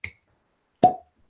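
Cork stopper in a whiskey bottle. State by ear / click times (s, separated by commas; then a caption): released / 0.0 s. A cork stopper is pulled from a new bottle of Stag Junior Batch 9 bourbon, giving a single sharp, bright pop at 0.0 s as the cork comes out. A second, lower sound with a ringing tone follows at about 0.8 s, and the bottle is left uncorked.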